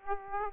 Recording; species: mosquito wingbeat signal from an infrared sensor; Aedes aegypti